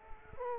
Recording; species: mosquito wingbeat signal from an infrared sensor; Culex quinquefasciatus